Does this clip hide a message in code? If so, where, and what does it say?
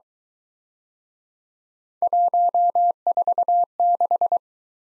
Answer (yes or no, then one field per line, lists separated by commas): yes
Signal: Morse code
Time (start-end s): 2.0-4.4 s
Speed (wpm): 23 wpm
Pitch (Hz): 700 Hz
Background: none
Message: 146